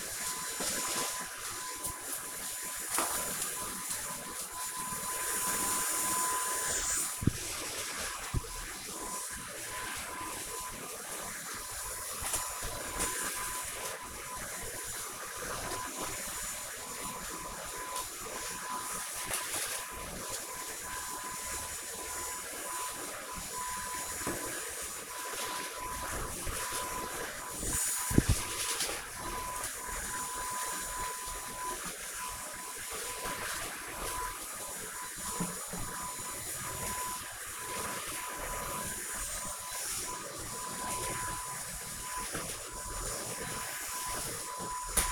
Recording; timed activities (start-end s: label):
household activities, microphone on the right wrist
0.00-45.12 s: vacuum cleaning